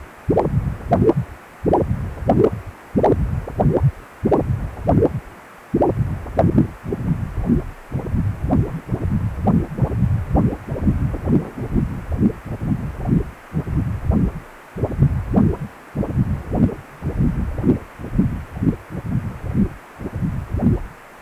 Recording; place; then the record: Doppler ultrasound of blood flow; precordium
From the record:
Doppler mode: continuous wave and pulsed wave in the uncut recording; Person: healthy adult, 18 to 50 years, no heart murmur, not diving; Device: 2.5 MHz transducer